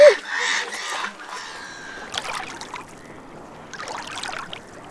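Ducks quack and gulls squawk in a busy jumble of harsh, mid-pitched calls, loudest at the start, with splashy water sounds and a few fainter bursts of calling later.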